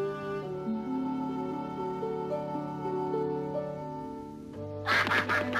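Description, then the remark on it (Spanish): A steady, reedy melodic tone holds and shifts pitch for several seconds, then gives way to a short, loud burst of harsh, raspy duck quacks at the very end, from the 1960 Disney film The Hound That Thought He Was A Raccoon. “Para los pobres patos esto era una gran tragedia.”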